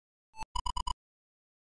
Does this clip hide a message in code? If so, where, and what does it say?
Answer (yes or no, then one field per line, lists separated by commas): no